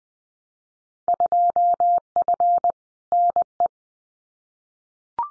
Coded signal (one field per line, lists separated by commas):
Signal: Morse code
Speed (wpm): 20 wpm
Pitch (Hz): 700 Hz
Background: none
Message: 2F NE